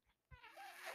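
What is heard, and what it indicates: A soft low click is followed by a rising rush of airflow with faint whistling tones, lasting under a second. This is the cycling noise of a home mechanical ventilator delivering a breath.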